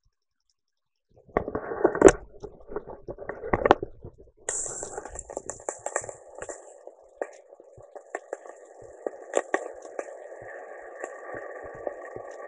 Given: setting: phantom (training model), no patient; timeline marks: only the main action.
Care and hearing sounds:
laparoscopic instrument, vibration sensor on the handle end
4.26-11.89 s: coagulation
From the record:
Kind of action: gesture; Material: ex-vivo porcine liver

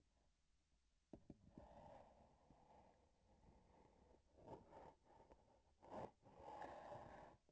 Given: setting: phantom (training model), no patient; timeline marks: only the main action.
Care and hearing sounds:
laparoscopic instrument, vibration sensor on the handle end
4.24-5.74 s: palpation
From the record:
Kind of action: gesture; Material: synthetic tissue

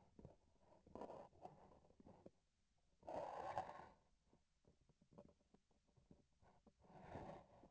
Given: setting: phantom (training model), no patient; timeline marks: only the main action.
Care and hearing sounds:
laparoscopic instrument, vibration sensor on the handle end
0.00-2.41 s: palpation
From the record:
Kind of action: gesture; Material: synthetic tissue

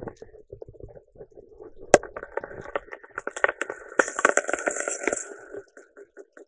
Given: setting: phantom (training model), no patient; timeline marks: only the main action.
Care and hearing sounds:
laparoscopic instrument, vibration sensor on the handle end
1.42-6.48 s: coagulation
From the record:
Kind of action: gesture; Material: ex-vivo porcine liver

